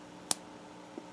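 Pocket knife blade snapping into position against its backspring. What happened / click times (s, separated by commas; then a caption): The spring-loaded blade snapped into position / 0.3 s. The steel blade of a small two-blade CASE Amber Bone Peanut slipjoint pocket knife is worked on its spring-loaded joint and snaps into position against its backspring with one sharp tick at 0.3 s, followed by a faint soft sound near 1.0 s. The blade seats tightly with a good snap, showing the spring is not weak.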